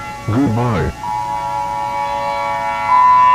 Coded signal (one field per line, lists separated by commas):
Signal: Emergency Alert System (SAME) tones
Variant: 853 and 960 Hz attention tone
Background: speech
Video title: (THE WORST EAS SCENARIO EVER)- Asteroid Shower (90's style)